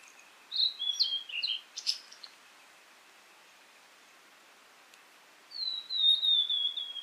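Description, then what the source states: Blue-and-white flycatcher song: a short jumble of high sweet notes with a sharp buzzy note, a pause, then a long clear whistle falling slightly in pitch. Recorded 18 April 2017.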